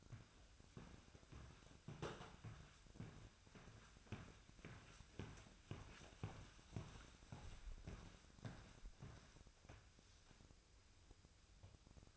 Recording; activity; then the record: daily activity, microphone in the room; walk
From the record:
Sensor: 2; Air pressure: 1001.5 hPa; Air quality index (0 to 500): 227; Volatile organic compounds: 26 ppm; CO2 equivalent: 2854 ppm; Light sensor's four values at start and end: 8/28/11/10 and 8/28/11/10